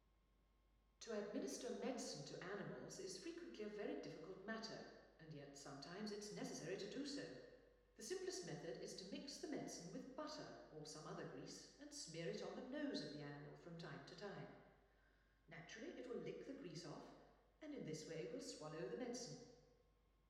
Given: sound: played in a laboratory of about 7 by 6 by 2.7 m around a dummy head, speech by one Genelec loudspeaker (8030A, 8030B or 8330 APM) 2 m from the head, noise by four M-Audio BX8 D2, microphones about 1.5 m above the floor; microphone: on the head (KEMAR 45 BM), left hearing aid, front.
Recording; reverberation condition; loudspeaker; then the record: female speech in English; high; 60 degrees to the left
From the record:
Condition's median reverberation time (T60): about 1300 ms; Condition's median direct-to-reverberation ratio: about -4.0 dB